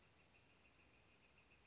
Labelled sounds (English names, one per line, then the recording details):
Northern Flicker
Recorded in Sonoma County, California